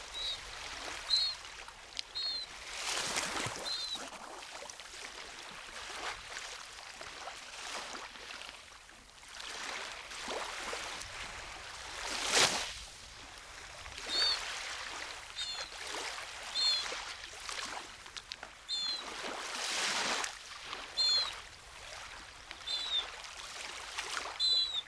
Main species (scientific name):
Chroicocephalus ridibundus